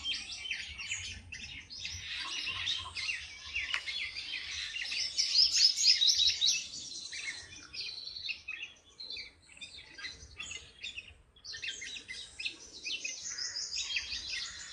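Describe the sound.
Bird chorus of dense, rapid high-pitched chirping notes, loudest around the middle and easing later.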